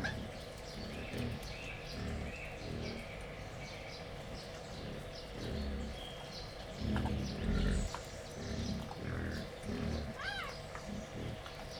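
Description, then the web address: Wild boar grunting softly and repeatedly, low and throaty, with a faint higher squeak near the end. Captive wild boar at Jászberény Zoo, excited before feeding, 28 April 2015. "allathangok jaszberenyizoo 2015 professzionalis vaddiszno etetesrefelajzva 04 28"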